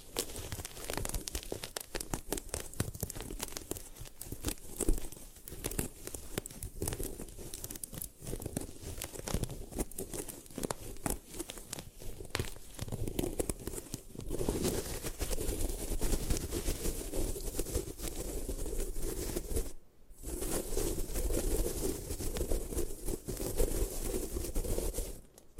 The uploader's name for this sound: Satisfying Ways to Destroy Gym Chalk